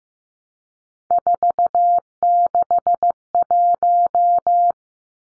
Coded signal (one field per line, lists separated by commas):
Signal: Morse code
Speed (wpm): 15 wpm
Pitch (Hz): 700 Hz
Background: none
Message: 461